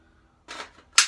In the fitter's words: Lock it in. Hear that snap? That means the magazine is seated properly.